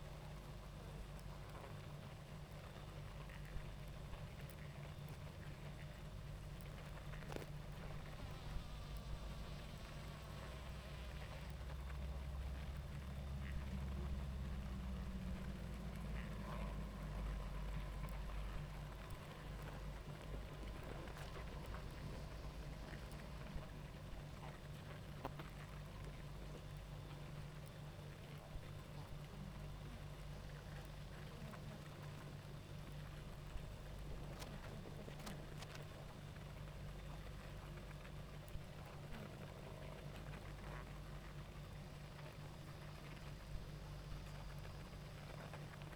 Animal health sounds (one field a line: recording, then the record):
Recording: honeybee colony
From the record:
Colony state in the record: active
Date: 28 July 2017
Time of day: 19:29